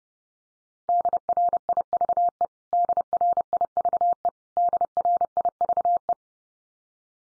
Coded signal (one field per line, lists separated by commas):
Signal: Morse code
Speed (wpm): 30 wpm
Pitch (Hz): 700 Hz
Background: none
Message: DRIVE DRIVE DRIVE